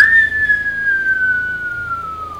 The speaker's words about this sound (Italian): Il suono di un fischio. Uno lungo. Uno corto.